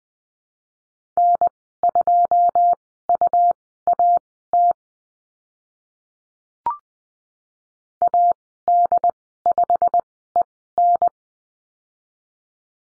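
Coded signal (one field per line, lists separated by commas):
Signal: Morse code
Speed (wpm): 20 wpm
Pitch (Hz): 700 Hz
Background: none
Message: N2UAT AD5EN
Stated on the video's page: Morse code course lesson on call signs, Farnsworth speed 20/10 wpm.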